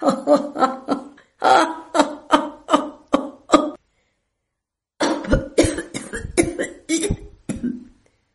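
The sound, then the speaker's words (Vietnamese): A man laughs in rapid, broken bursts mixed with harsh, violent coughs as he coughs up blood, two long runs of convulsive spasms separated by a brief silence, the second run rougher and more strained. “Ông ta vừa cười, vừa ho ra máu, giống như sắp đem tất cả nội tạng mà đẩy ra ngoài.”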